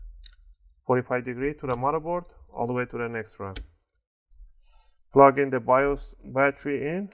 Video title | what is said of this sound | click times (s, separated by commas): Hp Pavilion Dv6000 Black screen, no video repair GUIDE | make sure you hear those clicks | 0.3 s